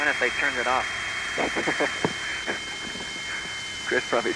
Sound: laughing